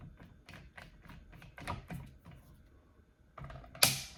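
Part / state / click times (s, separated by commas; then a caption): torque wrench tightening telescope base fastener / torque reached / 3.8 s. A torque wrench set to 26, as the telescope's manufacturer recommends, tightens the bolt on the telescope base, with a series of soft ratcheting mechanical clicks and creaks. A sharp, loud click rings out at 3.8 s as the wrench reaches its set torque.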